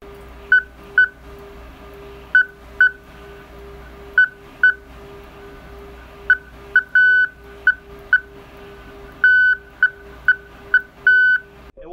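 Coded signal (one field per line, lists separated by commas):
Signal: Hellschreiber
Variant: Slow Hell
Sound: a steady mid-pitched tone switching on and off in irregular short and long pulses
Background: low background hum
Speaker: you can listen to what it sounds like let's see if we can if you can hear this on the microphone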